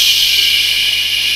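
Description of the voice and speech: Adult imitating a buccal sibilant: a whistling lisp (buccal sigmatism) on the sound 'sh', made with a lot of air held in the mouth and the cheeks puffed out, giving a steady high-pitched whistling hiss.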